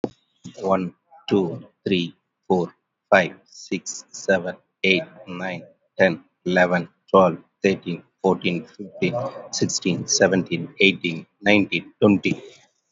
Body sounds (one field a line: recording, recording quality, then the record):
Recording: counting at a normal pace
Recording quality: excellent, no background noise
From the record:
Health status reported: COVID-19 positive, no symptoms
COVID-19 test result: positive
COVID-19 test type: RT-PCR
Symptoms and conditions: cough, breathing difficulty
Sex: male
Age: 52 years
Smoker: yes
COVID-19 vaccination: one dose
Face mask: worn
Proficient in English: yes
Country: India